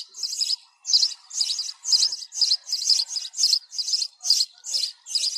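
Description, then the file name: Sparrow chirping, bright high-pitched notes repeated roughly twice per second in an even, insistent series. Sparrow call for calling the flock. "tieng se goi bay"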